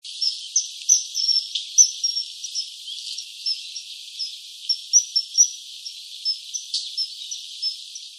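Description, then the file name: Common kingfisher giving thin, high, sharp whistled calls, repeated irregularly at quick intervals throughout, over a steady hiss. "kawasemi"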